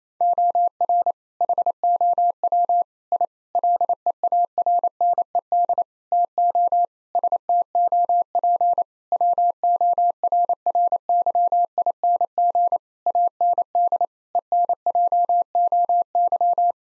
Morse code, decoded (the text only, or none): OR HOW I LEARNED TO STOP WORRYING AND ENJOY